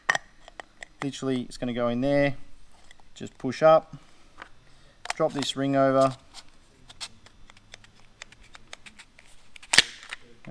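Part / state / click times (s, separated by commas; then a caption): retaining ring onto fuel filter head fitting / seated / 9.7 s, 9.8 s. A retaining ring is dropped over and forced onto the fuel filter head fitting of a Toyota Hilux N80 pre-fuel filter while someone talks. Several lighter taps come first, then a loud snap at 9.7 and 9.8 seconds as the ring seats, a bit snug getting over the fitting.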